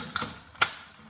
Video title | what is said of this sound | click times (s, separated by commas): M.A.S.K Camion Rhino ( jouet Kenner mask ) présentation en français FR HD | l'arrière en fait vient juste se clipser dedans, voilà. | 0.2 s, 0.6 s